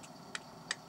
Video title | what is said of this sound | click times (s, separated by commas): Sabb 2j 30 hp marine diesel Part 4 - setting the rockers. | So you'll hear it and you'll feel it, you'll feel the handle click. | 0.3 s, 0.7 s